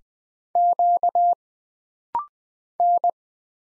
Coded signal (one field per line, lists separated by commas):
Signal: Morse code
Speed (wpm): 20 wpm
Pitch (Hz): 700 Hz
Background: none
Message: Q N